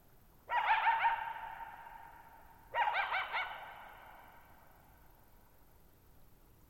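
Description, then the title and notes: Coyote giving quavering barks: two yipping bursts, each with a long fading echo, and a third just starting at the end. Lone coyote at night, July 14, 2019, near Thirtymile Meadows, Okanogan National Forest, Okanogan High Country, Pacific Northwest, 6400 ft (1950 m); high dry plateau, shallow bowl-shaped meadow with boggy ground. "Lone Coyote at Thirtymile Meadows. the night of July 14, 2019, camped near Thirtymile Meadows in the Okanogan National Forest at 6400 ft (1950 m)"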